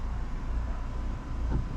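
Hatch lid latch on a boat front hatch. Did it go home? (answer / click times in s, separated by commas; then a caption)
no / none. The hatch lid latch on a boat's front hatch is being handled as the lid is closed again after opening. Only steady low rumbling and wind-like noise is heard, with no distinct click. Nothing has seated or clicked yet.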